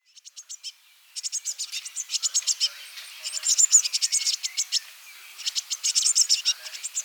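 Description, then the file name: Eurasian blue tit churrs in rapid, buzzy, high-pitched pulses, in stretches with short pauses between them. "Cyanistes caeruleus"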